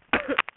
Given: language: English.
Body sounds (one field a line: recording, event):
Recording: throat vibration sensor signal played as sound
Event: cough